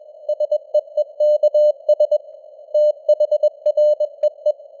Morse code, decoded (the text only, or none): SEEKS THREE